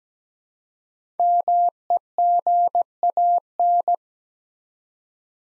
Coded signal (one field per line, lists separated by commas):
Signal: Morse code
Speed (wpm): 17 wpm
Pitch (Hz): 700 Hz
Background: none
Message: MEGAN